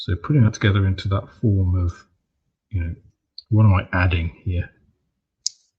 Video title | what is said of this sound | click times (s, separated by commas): Live Stream Friday - Gundam build | ah that was a very positive click | 5.5 s